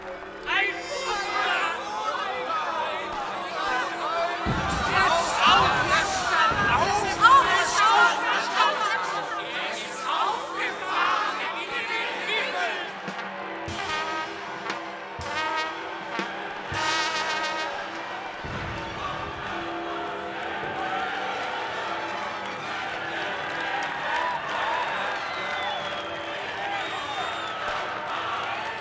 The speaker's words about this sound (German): Schauen Sie auf die Bildschirme. Hören Sie den Jubel. Hört, was Sie rufen.